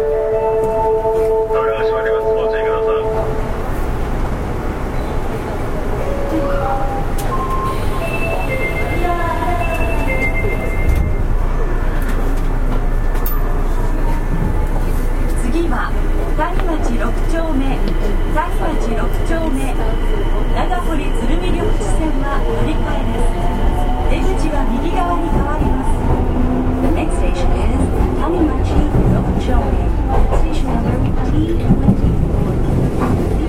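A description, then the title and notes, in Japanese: An Osaka city subway 30000 series train runs with a steady, dense rumble and rattle throughout. Whining motor tones rise and shift in pitch around the opening seconds and again later, with a clear tone early on and murmuring voices mixed into the noise. 大阪市営地下鉄 30000系 谷町線 谷町４丁目から八尾南まで。大阪市交通局 30000系電車の走行音です。谷町線で録音しました。It is a running sound of the Osaka city subway 30000 series train.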